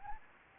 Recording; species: mosquito wingbeat signal from an infrared sensor; Anopheles gambiae